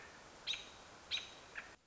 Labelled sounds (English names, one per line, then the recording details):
American Robin
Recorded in Sonoma County, California